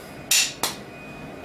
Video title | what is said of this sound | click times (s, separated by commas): How To Build Your Own Kitchen Cabinets: Part 6d - Installing Drawer Slides | make sure it snaps into place. There's a little tab here on the back that snaps it into place. | 0.3 s